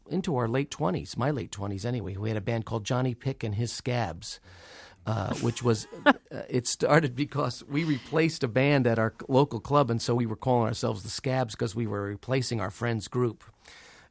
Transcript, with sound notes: into our late 20s, my late 20s anyway, we had a band called Johnny Pick and His Scabs, which was...
(LAUGHTER)
It started because we replaced a band at our local club, and so we were calling ourselves The Scabs because we were replacing our friends' group.